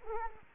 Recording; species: mosquito wingbeat signal from an infrared sensor; Culex quinquefasciatus